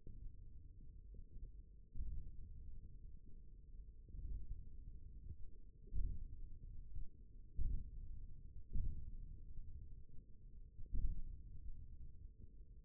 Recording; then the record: forearm muscle sounds (acoustic myography)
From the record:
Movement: hook grip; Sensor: system 1, eight BSWA MPA416 microphones around the upper forearm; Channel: 4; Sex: male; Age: 28 years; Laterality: right